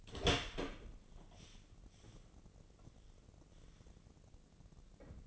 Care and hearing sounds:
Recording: daily activity, microphone in the room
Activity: open door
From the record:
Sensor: 4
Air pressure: 1013.2 hPa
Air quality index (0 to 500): 178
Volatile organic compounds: 2 ppm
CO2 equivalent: 1121 ppm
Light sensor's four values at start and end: 74/179/76/77 and 93/233/97/103

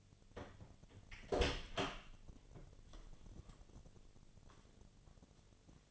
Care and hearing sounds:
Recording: daily activity, microphone in the room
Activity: open door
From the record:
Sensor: 4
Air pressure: 1008.4 hPa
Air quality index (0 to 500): 172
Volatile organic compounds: 5 ppm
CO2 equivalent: 1730 ppm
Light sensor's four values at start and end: 25/79/30/29 and 23/72/27/26

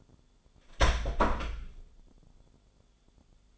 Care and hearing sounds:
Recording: daily activity, microphone in the room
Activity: close door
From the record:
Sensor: 5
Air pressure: 1015.3 hPa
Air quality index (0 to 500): 209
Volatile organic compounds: 11 ppm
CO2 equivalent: 2266 ppm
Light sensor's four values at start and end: 36/81/33/32 and 36/81/33/32

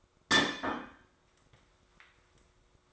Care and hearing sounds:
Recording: daily activity, microphone in the room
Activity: place plate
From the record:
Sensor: 3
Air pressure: 1004.3 hPa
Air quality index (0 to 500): 196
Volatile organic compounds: 14 ppm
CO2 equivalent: 2451 ppm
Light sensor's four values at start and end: 4/11/4/4 and 4/11/4/4

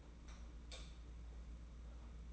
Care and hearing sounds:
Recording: daily activity, microphone in the room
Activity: light off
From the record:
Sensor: 1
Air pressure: 991.9 hPa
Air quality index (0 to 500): 208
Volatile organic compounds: 1000 ppm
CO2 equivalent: 8082 ppm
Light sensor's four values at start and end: 12/32/13/13 and 9/22/9/9

